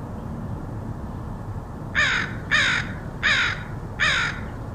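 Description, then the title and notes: Crow calling, a quiet stretch of low rumble and then four rough, raspy caws evenly spaced about two-thirds of a second apart. Crows recorded in Portland, Oregon, in August 2003. "Crows of Portland. Crows recorded by Dan Bodah in Portland, OR, August 2003"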